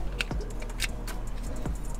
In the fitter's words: it's pushed in, you're gonna slide it back, wait till you hear the click, and that one's in.